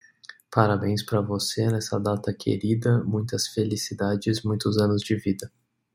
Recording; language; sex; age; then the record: short text; Brazilian Portuguese; male; 20 to 29 years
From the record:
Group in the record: control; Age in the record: 26 years